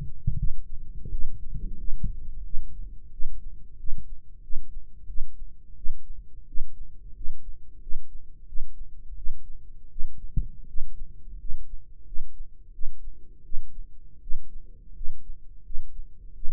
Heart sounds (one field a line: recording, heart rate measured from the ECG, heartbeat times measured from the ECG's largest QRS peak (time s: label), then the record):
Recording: heart sounds by microphone in the right ear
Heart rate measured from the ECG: 86 bpm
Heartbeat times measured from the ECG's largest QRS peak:
0.35 s: heartbeat
1.09 s: heartbeat
1.75 s: heartbeat
2.42 s: heartbeat
3.10 s: heartbeat
3.76 s: heartbeat
4.40 s: heartbeat
5.05 s: heartbeat
5.74 s: heartbeat
6.45 s: heartbeat
7.13 s: heartbeat
7.79 s: heartbeat
8.45 s: heartbeat
9.14 s: heartbeat
9.88 s: heartbeat
10.66 s: heartbeat
11.37 s: heartbeat
12.04 s: heartbeat
12.71 s: heartbeat
13.42 s: heartbeat
14.19 s: heartbeat
14.93 s: heartbeat
15.62 s: heartbeat
16.33 s: heartbeat
From the record:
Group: healthy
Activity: rest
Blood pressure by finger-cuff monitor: 133/75 mmHg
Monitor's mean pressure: 95 mmHg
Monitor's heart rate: 87 bpm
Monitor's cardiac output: 7.4 L/min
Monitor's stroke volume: 87 mL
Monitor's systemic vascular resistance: 920 dyn s/cm5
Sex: male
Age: 21 years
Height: 180 cm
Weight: 67.5 kg